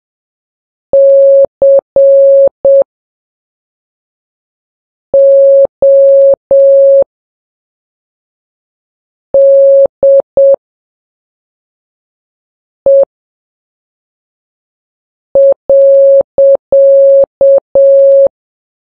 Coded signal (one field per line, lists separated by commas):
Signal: Morse code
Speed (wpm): 7 wpm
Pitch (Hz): 550 Hz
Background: none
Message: CODE.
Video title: Morse Code Practice #4 (3 WPM)